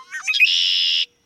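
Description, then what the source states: Red-winged Blackbird song: a few gurgling notes followed by a long, steady, buzzy trill. Played as one of the bird sounds that announce spring, heard before the season is seen or felt; described as testimony.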